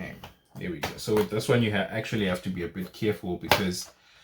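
Someone talks while handling the plastic bottom plate of an Acer Aspire E5-573 laptop, about to press it back onto the chassis after a battery swap. Nothing has seated or clicked yet; the plate's retaining clips have not snapped into place.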